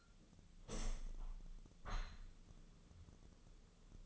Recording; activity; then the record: daily activity, microphone in the room; open window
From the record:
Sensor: 4